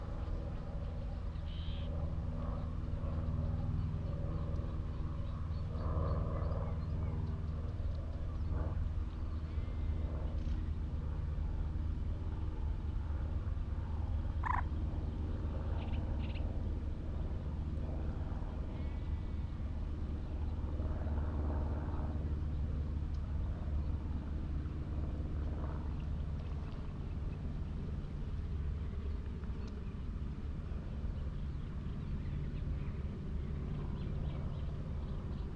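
Open marshland on a warm afternoon, dominated by a steady low rumble like traffic or an engine that never lets up. A few faint bird calls break through now and then, with a brief sharp chirp near the middle.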